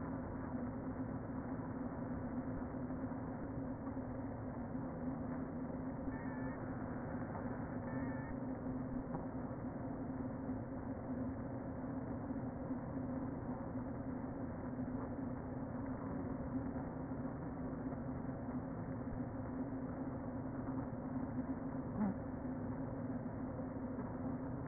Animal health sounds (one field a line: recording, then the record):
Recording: honeybee colony, microphone inside the hive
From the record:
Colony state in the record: queen present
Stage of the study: before two queens were removed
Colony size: about 60,000 bees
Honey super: yes